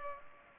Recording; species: mosquito wingbeat signal from an infrared sensor; Culex pipiens